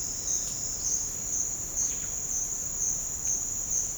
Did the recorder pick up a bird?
no